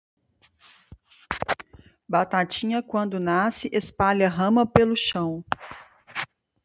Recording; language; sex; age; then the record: short text; Brazilian Portuguese; female; 30 to 39 years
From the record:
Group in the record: control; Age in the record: 37 years